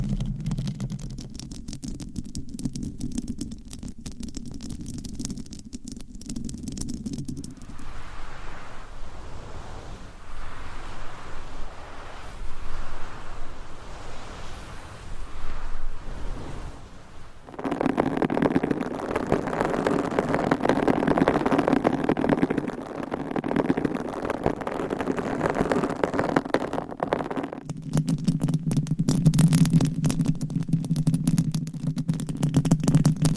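Triggers change every few seconds: a low buzzing hum with crackly ticks opens, then soft rustly scratching, then a louder, fuller rubbing burst past the middle. The low hum with dense fine crackle returns near the end, under a steady dull rumble.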